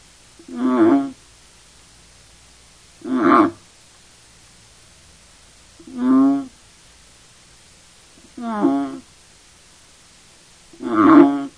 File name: Kaloula pulchra